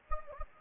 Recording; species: mosquito wingbeat signal from an infrared sensor; Anopheles gambiae